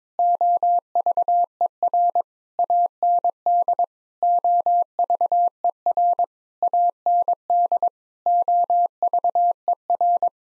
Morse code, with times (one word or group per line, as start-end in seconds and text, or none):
0.2-2.2 OVER
2.6-3.8 AND
4.2-6.2 OVER
6.6-7.9 AND
8.3-10.3 OVER